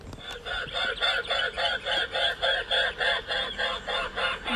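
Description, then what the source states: Mute Swan sounds: a steady fast series of harsh pulsing notes, about three or four each second, throughout. Played recording.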